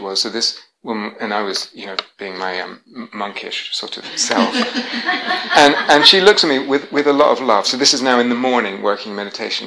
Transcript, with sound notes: This woman, I was being my monkish sort of self, [laughter] and she looks at me with a lot of love. This is now in the morning, working in meditation.